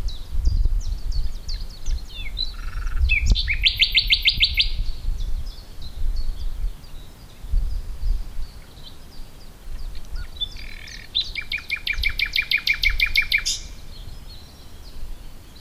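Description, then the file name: Common nightingale song: varied phrases with dense rapid rattling trills, one early on and another later, separated by quieter high notes and pauses, over low background rumble. "Luscinia megarhynchos"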